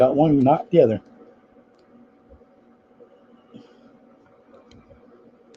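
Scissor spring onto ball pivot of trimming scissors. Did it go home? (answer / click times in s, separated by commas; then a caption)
yes / 4.7 s, 5.6 s. Someone talks briefly, then in near quiet a small spring is refitted onto the ball pivot of trimming scissors after cleaning. Two faint, sharp clicks at 4.7 s and 5.6 s mark the spring snapping under the ball and seating.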